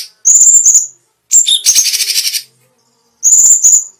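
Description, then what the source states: Cucak cungkok singing high, clear whistled phrases with a short rolling trill burst between them, separated by brief silences. Special song bursts, called "tembakan istimewa".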